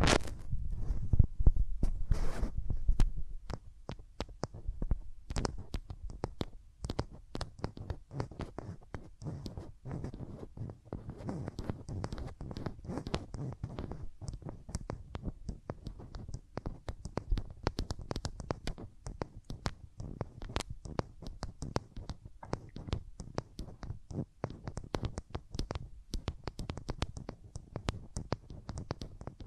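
Hands rub over ears in a dense, continuous stream of soft scratchy friction, broken by frequent sharp crackles and clicks. The first few seconds are louder with a deeper rumbling texture, then the rubbing settles into a steady, quieter rhythm for the rest.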